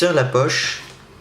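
A plastic clip is being handled onto a piping bag to stop the batter from sliding out, while someone talks. Nothing has seated or clicked yet; the clip ends before it snaps home.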